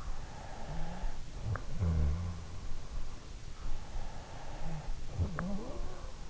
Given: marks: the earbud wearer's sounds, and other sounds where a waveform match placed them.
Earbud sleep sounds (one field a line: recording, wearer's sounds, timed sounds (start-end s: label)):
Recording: sounds in sleep by an in-ear microphone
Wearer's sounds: snoring breath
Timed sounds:
0.57-2.89 s: snoring breath
4.25-6.30 s: snoring breath